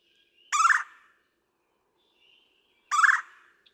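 Red-bellied woodpecker giving two rolling, harsh churr calls about two and a half seconds apart, with a faint thin whistle between them.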